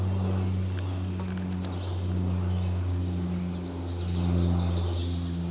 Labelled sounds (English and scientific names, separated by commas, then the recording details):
Chestnut-sided Warbler (Setophaga pensylvanica) song
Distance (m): 25 m
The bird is about 5 m above the microphone
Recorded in a Pennsylvania forest on 16 May 2024 at 09:24
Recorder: AudioMoth, point MSD-1534
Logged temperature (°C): 15.6 °C
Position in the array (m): 16 m, 25 m